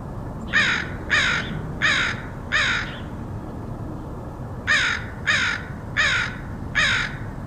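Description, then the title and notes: Crow cawing in two bursts of four harsh caws each, separated by a short pause, with low background hum. Crows recorded in Portland, Oregon, in August 2003. "Crows of Portland. Crows recorded by Dan Bodah in Portland, OR, August 2003"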